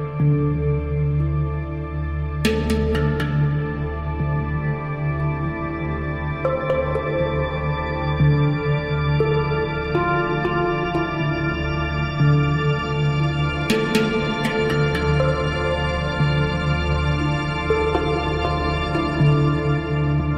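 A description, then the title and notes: A binaural beat: a steady, low humming drone built from layered sustained tones that holds level throughout. Brief bursts of sharp clicks break in around the third second and again near the fourteenth, while faint higher tones shift gently over the drone. Relaxation and Meditation Binaural Beat.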